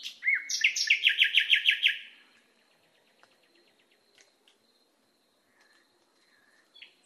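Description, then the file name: Nightingale song: a loud rapid series of rich chirped notes for two seconds, followed by faint quiet notes and soft background hiss. Training recording (masteran) used to teach caged songbirds. "suara masteran nightingale"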